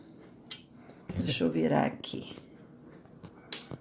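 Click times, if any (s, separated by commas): 3.5 s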